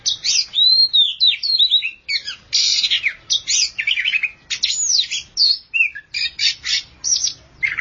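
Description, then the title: Oriental magpie-robin song, a continuous rich stream of sweeping whistles, sharp chirps and buzzy notes, delivered in quick, varied phrases with brief pauses. "Suara Kicauan Burung Kacer"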